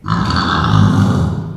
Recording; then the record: squeal of a Yucatan mini pig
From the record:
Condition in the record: after surgery on the right vocal fold (resection and tissue-engineered implant); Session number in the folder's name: 16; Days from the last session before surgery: 183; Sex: female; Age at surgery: 19 weeks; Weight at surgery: 25 kg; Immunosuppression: prednisolone